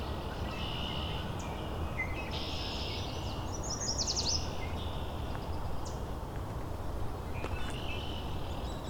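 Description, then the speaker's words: Yellow warblers giving high, rapid chipping and trilled notes in brief bursts over a steady low rumble. Three yellow warblers arguing in an urban nature sanctuary during a late wave of migrants; many yellow warblers present that day. "Arguing yellow warblers. It's three of them."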